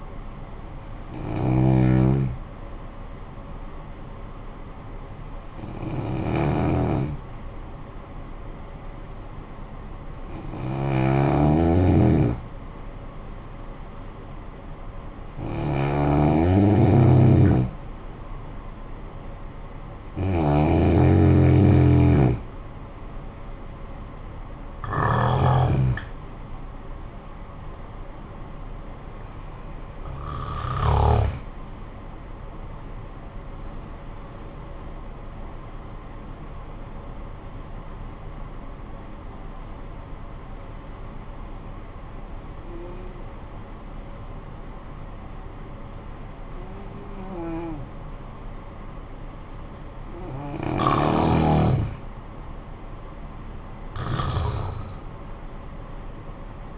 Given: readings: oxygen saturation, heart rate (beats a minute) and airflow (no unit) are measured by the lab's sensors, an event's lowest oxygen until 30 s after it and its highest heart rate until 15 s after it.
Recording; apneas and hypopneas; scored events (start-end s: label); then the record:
breathing in sleep by a smartphone at the bedside; 2
3.00-15.70 s: hypopnea (N2, oxygen 95% highest, then 90% lowest, heart rate 53 at the start, 63 highest)
36.00-51.30 s: hypopnea (N2, oxygen 92% highest, then 89% lowest, heart rate 64 at the start, 66 highest)
From the record:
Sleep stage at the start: N2 (light sleep); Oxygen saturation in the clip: 90 to 96%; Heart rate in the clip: 50 to 65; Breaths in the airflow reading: 10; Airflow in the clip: -10.1 to 12.1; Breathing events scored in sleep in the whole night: 445 in 7.6 hours asleep